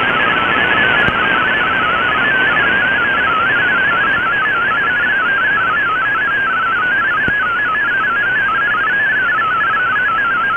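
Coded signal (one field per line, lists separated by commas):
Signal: multi-tone FSK (Olivia or MFSK type)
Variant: MFSK32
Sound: rapid burbling single tone hopping among pitches, steady for whole clip, under hiss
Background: radio static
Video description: Here is my decode of the Shortwave Radiogram broadcast today on 7780Khz shortwave radio at 2330UTC in MFSK32 and with 4 SSTV images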